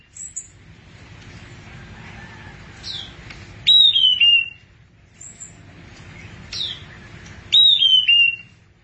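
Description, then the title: Thrush song: a bright, high whistled phrase that falls in short slurred steps, given twice about four seconds apart, with thin chirps and a soft low hum behind. "burung anis x"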